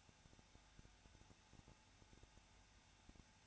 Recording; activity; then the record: daily activity, microphone in the room; no activity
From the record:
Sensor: 2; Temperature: 21.0 degrees Celsius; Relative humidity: 34.3%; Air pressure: 994.4 hPa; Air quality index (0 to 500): 172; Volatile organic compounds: 3 ppm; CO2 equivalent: 1335 ppm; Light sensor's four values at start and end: 2/3/2/2 and 2/3/2/2